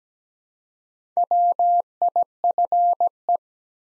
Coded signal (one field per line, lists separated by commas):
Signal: Morse code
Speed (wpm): 17 wpm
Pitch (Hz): 700 Hz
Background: none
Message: WIFE